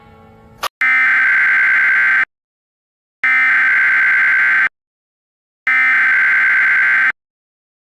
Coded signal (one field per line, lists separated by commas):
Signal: Emergency Alert System (SAME) tones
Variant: header bursts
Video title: EAS Recreation 2: Waco Amber Alert